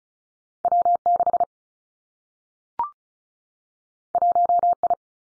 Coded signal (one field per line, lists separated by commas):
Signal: Morse code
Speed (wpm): 36 wpm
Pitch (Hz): 700 Hz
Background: none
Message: W 6 1 I